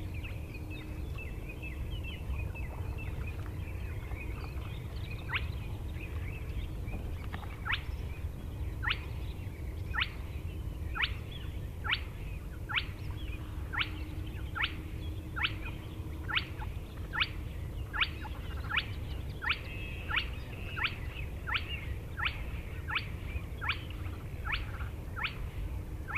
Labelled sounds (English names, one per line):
Spotted Crake